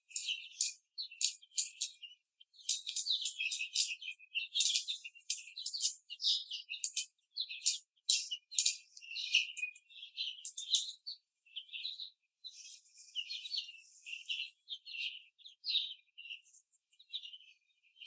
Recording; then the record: young laying hens in a cage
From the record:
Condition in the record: after the stressor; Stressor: simulated dog barking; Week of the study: 3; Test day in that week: 1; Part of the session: 3